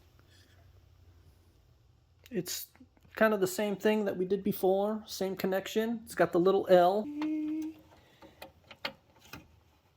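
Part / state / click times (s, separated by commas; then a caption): SATA cable connector into drive/motherboard port / not seated / none. An L-shaped SATA cable connector is handled near a drive or motherboard port while someone talks, followed by a few brief, faint handling taps around 8.4 to 9.3 seconds. The connector has not yet seated or clicked into the port.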